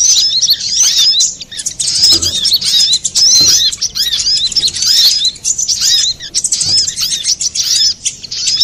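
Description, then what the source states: Little spiderhunter song: a dense, rapid stream of high, arched chirps and twittering notes in bursts, broken by brief pauses. Master recording of the Labaik type, made for training cage birds.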